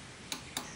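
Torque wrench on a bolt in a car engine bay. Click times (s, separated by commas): 0.3 s, 0.6 s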